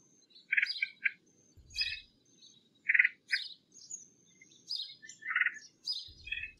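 Red-headed woodpecker giving harsh, burry calls around mid pitch, in short bursts every second or so, with thin high chirps and brief low thumps.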